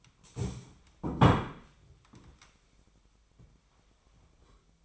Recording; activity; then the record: daily activity, microphone in the room; stand up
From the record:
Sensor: 1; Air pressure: 1007.9 hPa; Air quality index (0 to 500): 193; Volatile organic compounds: 18 ppm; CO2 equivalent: 2609 ppm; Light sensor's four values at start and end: 13/33/13/15 and 13/32/13/14